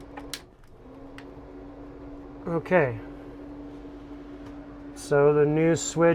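A keyed plastic wiring connector with a three-and-two pin layout, which fits only one way, is plugged onto the back of a new Schwintek slide-out switch on a Keystone Bullet Ultra Lite 248rks. A few small clicks come over a steady low hum, with the sharpest click at 0.3 s as the connector seats. Someone then talks.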